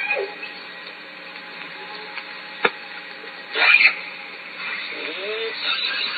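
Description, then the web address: Killer whale call: one loud harmonic squeal bending up and down near the middle, with faint low wavering tones and a sharp click before it, over steady hiss. Southern Resident killer whales; calls recorded at Lime Kiln in June. "SRKW call-catalog Orca Calls Lime Kiln June"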